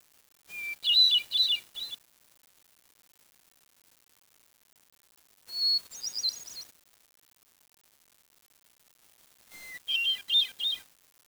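Bird song: three short phrases, each opening with a thin steady whistle and then a quick run of high chirpy notes. Long silent gaps separate the phrases, with no other sounds.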